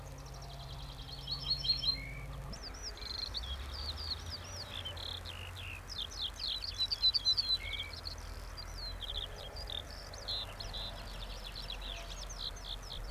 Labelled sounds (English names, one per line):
Ortolan Bunting